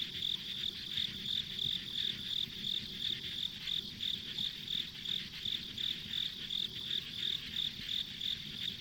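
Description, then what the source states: Insects: regular high chirps from insects, roughly three per second, over a dense ringing drone and faint low-frequency noise. Ambient insect sounds on a rural country road.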